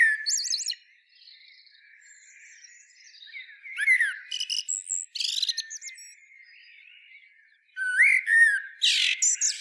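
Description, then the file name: Eurasian blackbird singing: a high twitter, then a fluted warbling phrase with squeaky notes, and after a pause another mellow phrase ending in a screechy flourish. "Turdus merula"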